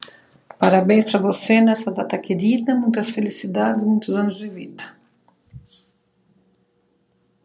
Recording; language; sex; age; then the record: short text; Brazilian Portuguese; female; 40 to 49 years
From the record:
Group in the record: control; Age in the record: 47 years